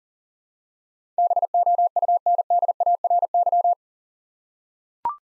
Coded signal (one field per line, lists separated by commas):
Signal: Morse code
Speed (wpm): 40 wpm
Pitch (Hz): 700 Hz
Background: none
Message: BOUNDARY